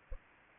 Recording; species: mosquito wingbeat signal from an infrared sensor; Culex pipiens